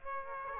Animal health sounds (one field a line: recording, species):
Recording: mosquito wingbeat signal from an infrared sensor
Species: Aedes aegypti